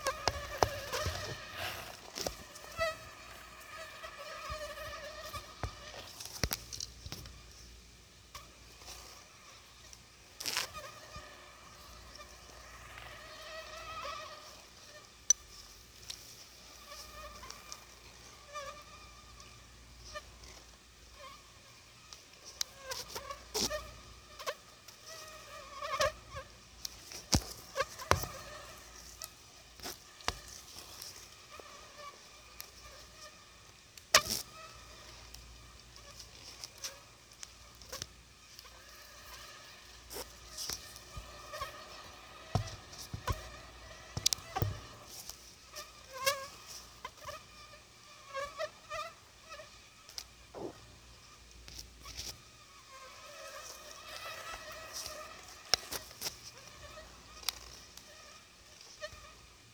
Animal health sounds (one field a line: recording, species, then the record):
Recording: mosquito flight sound by mobile phone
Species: Anopheles gambiae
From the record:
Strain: Akron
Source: CDC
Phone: Sony Xperia